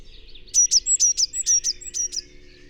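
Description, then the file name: Eurasian blue tit calls in a brisk string of several high, piercing notes, some with little downward twists. "Cyanistes caeruleus"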